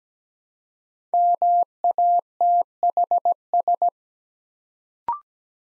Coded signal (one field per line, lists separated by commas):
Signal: Morse code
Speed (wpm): 17 wpm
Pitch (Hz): 700 Hz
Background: none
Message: MATHS